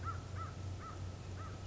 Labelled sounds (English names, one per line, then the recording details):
American Crow
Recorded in Sonoma County, California